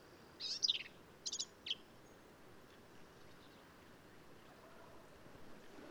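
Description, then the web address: Black-capped vireo giving two short, high, scratchy phrases a second apart, then quiet with soft background noise. "birdsongforthecurious Black-capped Vireo"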